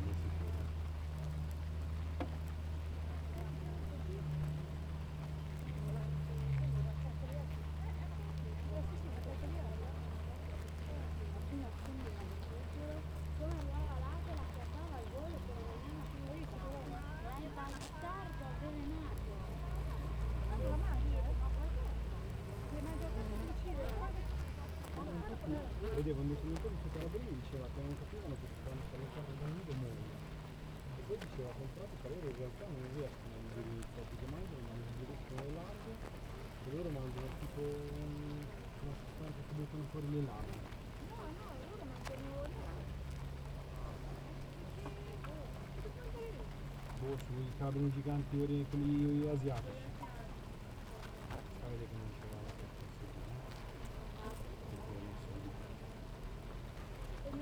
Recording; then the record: honeybee colony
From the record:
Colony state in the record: active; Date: 28 July 2017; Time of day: 7:28